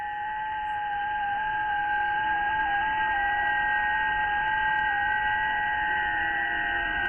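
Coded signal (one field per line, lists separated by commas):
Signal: FT8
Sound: several steady, slightly warbling tones held together over band-limited radio hiss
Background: radio static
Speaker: Inquietante, ¿verdad? La verdad es que el sonido del FT8 es muy característico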